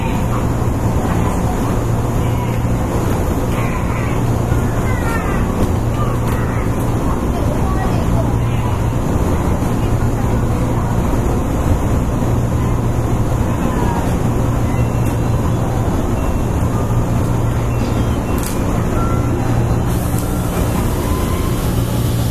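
A ride aboard a Hanwa Line 103 series local train, its steady, dense rumble filling the whole stretch at an even loudness. A low motor hum drones underneath, breaking off and returning in spells, with faint rattles and brief squeals on top.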